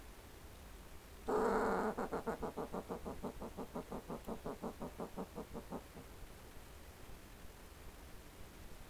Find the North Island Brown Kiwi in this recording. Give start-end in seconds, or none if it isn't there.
none